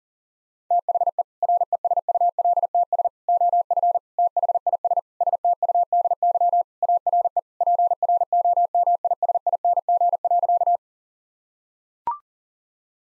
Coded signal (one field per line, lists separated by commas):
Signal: Morse code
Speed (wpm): 40 wpm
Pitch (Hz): 700 Hz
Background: none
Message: THE RESULTS OF THIS STUDY ARE PROMISING.